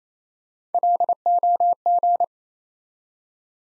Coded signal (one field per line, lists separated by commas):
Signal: Morse code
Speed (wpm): 28 wpm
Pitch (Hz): 700 Hz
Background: none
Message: LOG